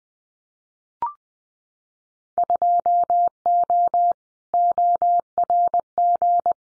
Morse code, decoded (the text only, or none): 2O ORG